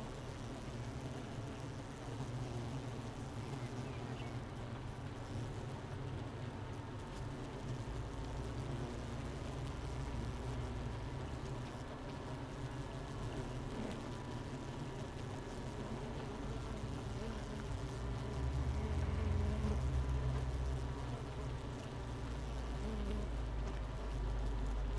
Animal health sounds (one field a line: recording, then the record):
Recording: honeybee colony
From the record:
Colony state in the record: missing queen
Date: 31 May 2018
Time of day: 9:47